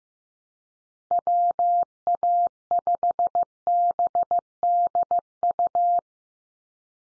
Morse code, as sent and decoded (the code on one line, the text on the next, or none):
.-- .- ..... -... -.. ..-
WA5BDU